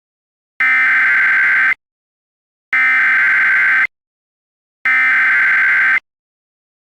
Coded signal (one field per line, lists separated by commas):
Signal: Emergency Alert System (SAME) tones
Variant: header bursts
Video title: EAS Mini 22: Waukesha's Walloping